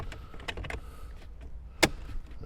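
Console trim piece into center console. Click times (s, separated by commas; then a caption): 1.8 s. A plastic console trim piece on a 2024+ Land Cruiser is pressed into the center console during a Beat-Sonic ENA-3T3 Encore amplifier install. A few light taps and rustles lead up to one sharp, loud snap at 1.8 s as the piece seats in place, confirmed as seated.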